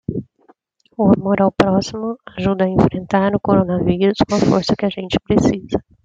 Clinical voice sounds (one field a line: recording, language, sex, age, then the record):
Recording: spoken sentence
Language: Brazilian Portuguese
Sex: female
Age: 40 to 49 years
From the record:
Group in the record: control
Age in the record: 41 years